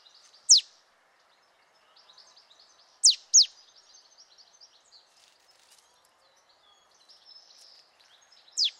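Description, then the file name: Marsh tit giving sharp, high, down-slurred notes spaced a few seconds apart, with a pair close together midway. Faint twittering sits in the background. "Poecile palustris"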